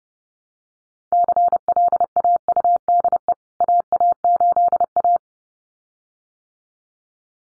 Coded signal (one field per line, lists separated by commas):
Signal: Morse code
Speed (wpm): 30 wpm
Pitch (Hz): 700 Hz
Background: none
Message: CLAUDE AA8A